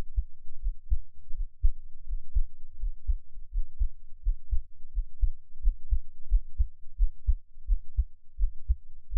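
Steady low thumps at about 85 beats a minute: an adult's own heartbeat heard close to the chest through an NT5 microphone.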